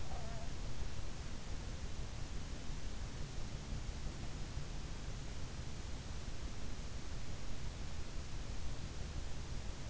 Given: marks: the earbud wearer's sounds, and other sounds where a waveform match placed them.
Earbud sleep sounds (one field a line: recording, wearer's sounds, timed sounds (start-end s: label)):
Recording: sounds in sleep by an in-ear microphone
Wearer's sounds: snoring breath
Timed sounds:
0.00-0.51 s: snoring breath